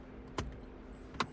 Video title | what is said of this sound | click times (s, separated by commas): How to Fix Porsche 996 & 986 HVAC Screen - Step-by-Step Guide | And yeah, the surround just clicks back in, and you should be all set. | 0.4 s, 1.2 s